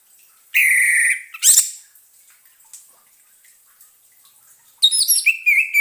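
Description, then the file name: Orange-headed thrush song: a harsh buzzy note and a sharp slurred call, a pause, then a quick run of high twittering and whistled notes. Indonesian lure sound (suara pancingan) of the orange-headed thrush, meant to keep the bird from being stressed. "suara pancingan burung anis merah agar tidak stress"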